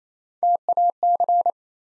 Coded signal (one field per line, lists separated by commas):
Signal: Morse code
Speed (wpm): 29 wpm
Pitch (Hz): 700 Hz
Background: none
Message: TAC